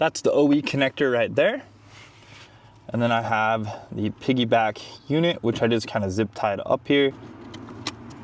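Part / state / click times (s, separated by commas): throttle controller harness connector into vehicle throttle pedal wiring connector / seated / 7.9 s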